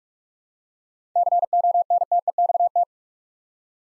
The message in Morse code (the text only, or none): CONTEXT